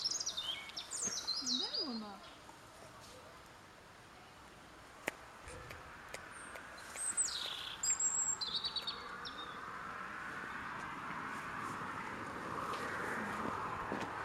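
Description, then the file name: European robin: high, warbled phrases at the start and again around seven to eight seconds, with background noise building toward the end. "Erithacus rubecula"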